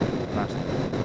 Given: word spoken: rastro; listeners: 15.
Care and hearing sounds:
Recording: one Spanish word in noise, from a listening test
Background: noise modulated by three-talker babble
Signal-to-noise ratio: -7.7 dB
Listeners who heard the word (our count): 1 of 15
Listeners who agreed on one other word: 6 of 15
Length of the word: 0.65 s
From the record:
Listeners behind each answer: 6, 2, 2, 2, 1, 1, 1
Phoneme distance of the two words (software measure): 24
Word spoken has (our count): 2 syllables, 6 phonemes, stress on syllable 1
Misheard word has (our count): 2 syllables, 6 phonemes, stress on syllable 1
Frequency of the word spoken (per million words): 12.25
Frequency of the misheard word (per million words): 3.69

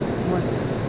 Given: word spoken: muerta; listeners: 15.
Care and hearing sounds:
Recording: one Spanish word in noise, from a listening test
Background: speech-shaped noise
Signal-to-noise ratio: -4.1 dB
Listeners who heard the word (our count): 2 of 15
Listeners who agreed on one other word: 6 of 15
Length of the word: 0.49 s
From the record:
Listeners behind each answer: 6, 4, 2, 1, 1, 1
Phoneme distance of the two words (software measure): 10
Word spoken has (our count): 2 syllables, 6 phonemes, stress on syllable 1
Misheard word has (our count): 2 syllables, 6 phonemes, stress on syllable 1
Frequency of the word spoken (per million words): 24.58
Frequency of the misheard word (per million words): 97.11

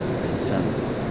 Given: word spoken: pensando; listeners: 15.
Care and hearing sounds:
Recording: one Spanish word in noise, from a listening test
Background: speech-shaped noise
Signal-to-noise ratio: -5.2 dB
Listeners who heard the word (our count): 2 of 15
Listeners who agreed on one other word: 6 of 15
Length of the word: 0.71 s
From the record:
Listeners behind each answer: 6, 2, 1, 1, 1, 1, 1, 1, 1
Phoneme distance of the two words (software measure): 24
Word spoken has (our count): 3 syllables, 8 phonemes, stress on syllable 2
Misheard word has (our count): 2 syllables, 6 phonemes, stress on syllable 2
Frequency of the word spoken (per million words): 48.66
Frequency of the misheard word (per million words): 136.86

